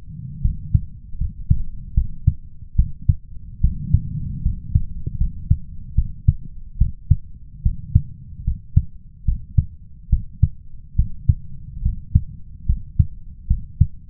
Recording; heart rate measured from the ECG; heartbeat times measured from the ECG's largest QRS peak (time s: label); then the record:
heart sounds by stethoscope; 74 bpm
0.41 s: heartbeat
1.17 s: heartbeat
1.94 s: heartbeat
2.75 s: heartbeat
3.60 s: heartbeat
4.42 s: heartbeat
5.17 s: heartbeat
5.94 s: heartbeat
6.77 s: heartbeat
7.62 s: heartbeat
8.44 s: heartbeat
9.25 s: heartbeat
10.09 s: heartbeat
10.95 s: heartbeat
11.82 s: heartbeat
12.66 s: heartbeat
13.47 s: heartbeat
From the record:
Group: healthy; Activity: rest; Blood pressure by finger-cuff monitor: 98/69 mmHg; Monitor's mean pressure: 77 mmHg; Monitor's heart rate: 73 bpm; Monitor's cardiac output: 5.3 L/min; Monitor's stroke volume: 72 mL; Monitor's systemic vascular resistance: 1030 dyn s/cm5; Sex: male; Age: 21 years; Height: 170 cm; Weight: 71 kg